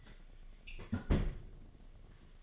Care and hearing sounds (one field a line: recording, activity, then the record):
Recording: daily activity, microphone in the room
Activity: close fridge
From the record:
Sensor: 4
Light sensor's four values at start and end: 5/10/4/4 and 6/12/5/4